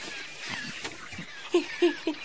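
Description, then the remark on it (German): An owl in a tree hoots three times in quick succession, short, low, soft calls rising above a steady hiss of background noise. “Ja, die Eule hat Huhu gemacht.”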